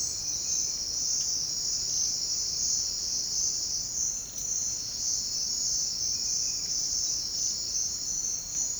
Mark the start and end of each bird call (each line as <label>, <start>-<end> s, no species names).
bird call, 0.01-1.17 s